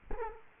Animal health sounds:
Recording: mosquito wingbeat signal from an infrared sensor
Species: Culex quinquefasciatus

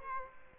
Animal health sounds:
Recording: mosquito wingbeat signal from an infrared sensor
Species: Culex quinquefasciatus

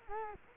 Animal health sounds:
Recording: mosquito wingbeat signal from an infrared sensor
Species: Culex quinquefasciatus

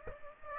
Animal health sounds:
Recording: mosquito wingbeat signal from an infrared sensor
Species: Aedes aegypti

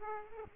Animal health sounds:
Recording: mosquito wingbeat signal from an infrared sensor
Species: Aedes aegypti

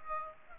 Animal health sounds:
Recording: mosquito wingbeat signal from an infrared sensor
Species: Aedes aegypti

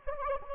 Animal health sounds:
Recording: mosquito wingbeat signal from an infrared sensor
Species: Anopheles gambiae

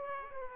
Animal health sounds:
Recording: mosquito wingbeat signal from an infrared sensor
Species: Aedes aegypti

